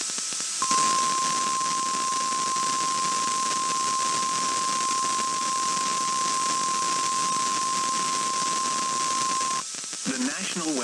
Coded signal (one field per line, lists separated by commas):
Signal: Emergency Alert System (SAME) tones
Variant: 1050 Hz attention tone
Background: speech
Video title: Weekly Madness Wednesday (EAS #14841-14846) 1/24/24